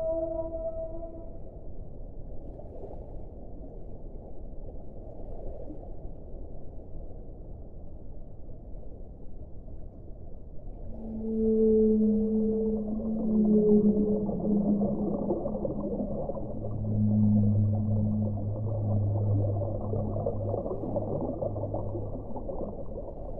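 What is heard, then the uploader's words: Underwater whale song: low, drawn-out moaning tones rise and fall from about eleven seconds on, over a constant murky rumble, after a quieter start. Underwater singing for relaxation. Whales.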